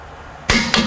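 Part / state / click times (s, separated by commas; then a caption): click-type torque wrench on a wheel bearing hub bolt / torque reached / 0.5 s, 0.7 s. A click-type torque wrench tightens the last rear wheel bearing hub bolt on an Acura MDX to 72 ft-lb. After quiet background, sharp metallic clicks sound at 0.5 s and 0.7 s. The wrench clicks at its setting, confirming the bolt is torqued.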